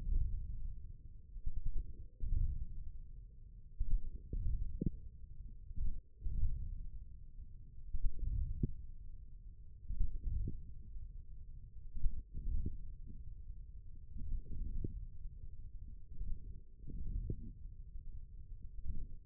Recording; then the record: forearm muscle sounds (acoustic myography)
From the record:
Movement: wrist extension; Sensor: system 1, eight BSWA MPA416 microphones around the upper forearm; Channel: 4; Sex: male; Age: 41 years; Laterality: right